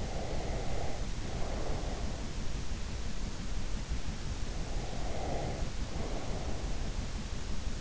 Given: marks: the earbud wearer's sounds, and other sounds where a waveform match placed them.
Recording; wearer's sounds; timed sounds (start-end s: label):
sounds in sleep by an in-ear microphone; breath
0.00-2.00 s: breath
4.85-6.72 s: breath